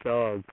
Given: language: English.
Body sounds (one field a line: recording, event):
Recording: throat vibration sensor signal played as sound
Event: speech